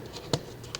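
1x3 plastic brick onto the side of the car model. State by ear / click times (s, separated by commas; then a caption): seated / 0.3 s, 0.8 s. A 1x3 plastic brick is pushed down onto the side of a $5 Lego-knockoff toy car model. Two short, sharp snaps ring out at 0.3 s and 0.8 s over a quiet background, and the brick pops down and seats in place.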